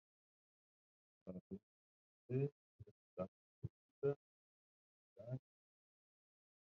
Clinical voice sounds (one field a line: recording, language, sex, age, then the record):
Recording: short text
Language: Brazilian Portuguese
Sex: male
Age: 30 to 39 years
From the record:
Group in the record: control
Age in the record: 37 years